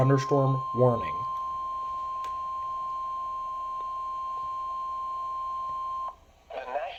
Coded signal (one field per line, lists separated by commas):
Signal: Emergency Alert System (SAME) tones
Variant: 1050 Hz attention tone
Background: speech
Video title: EAS #465: Severe Thunderstorm Warning - Indiana (3/14/2024) (KEC74)